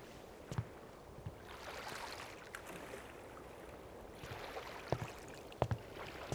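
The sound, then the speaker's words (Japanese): Rowboats with people aboard move on water, with soft sloshing and occasional wooden knocks and splashes from oars, irregularly spaced over a steady low wash. Fairly quiet, with no talking. “あれ、ボートに乗っている人たちがいる。”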